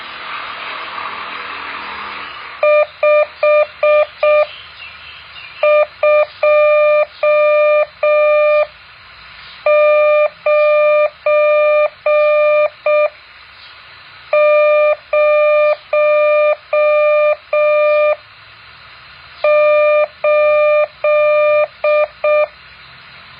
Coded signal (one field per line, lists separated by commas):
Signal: Morse code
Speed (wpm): 6 wpm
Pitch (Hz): 600 Hz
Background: none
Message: 52908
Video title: แบบฝึกหัด Morse code 8.4